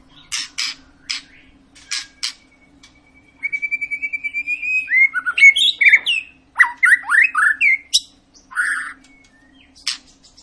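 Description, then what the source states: White-rumped shama song: sharp clicks, then a rapid series of pure whistled notes, breaking into a varied burst of rich warbled and scratchy phrases. Long lure song of an energetic, frequently singing bird, used to prompt other shamas to sing.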